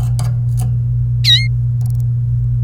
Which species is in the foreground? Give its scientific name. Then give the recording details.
Serinus canaria. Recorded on 28 April 2018 at 10:19. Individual llb3